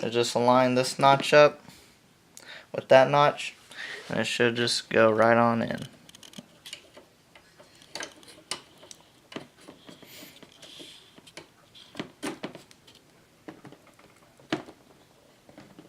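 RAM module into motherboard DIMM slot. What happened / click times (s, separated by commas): Handled, not yet home: the module is lined up and pressed, but no clear seating click marks it home / none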